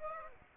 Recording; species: mosquito wingbeat signal from an infrared sensor; Aedes aegypti